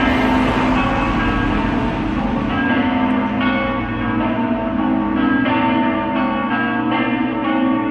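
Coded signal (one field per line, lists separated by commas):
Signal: bell signal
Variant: Friulian battiore and dopli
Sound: large church bells ringing continuously, repeated deep and bright strikes overlapping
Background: outdoor ambience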